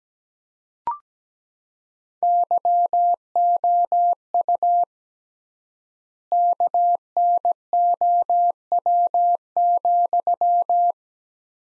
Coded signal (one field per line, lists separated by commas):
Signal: Morse code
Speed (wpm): 17 wpm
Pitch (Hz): 700 Hz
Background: none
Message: YOU KNOW,